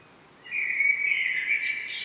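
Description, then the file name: Common blackbird phrase: a sustained mellow, fluted warble that rises into a high squeaky ending at the close. "Turdus merula"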